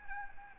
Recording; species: mosquito wingbeat signal from an infrared sensor; Aedes albopictus